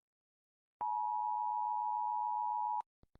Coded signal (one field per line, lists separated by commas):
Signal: Emergency Alert System (SAME) tones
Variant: 853 and 960 Hz attention tone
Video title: Eas alarm